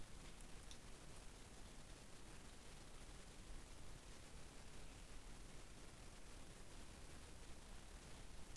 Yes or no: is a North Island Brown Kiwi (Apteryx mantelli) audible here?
no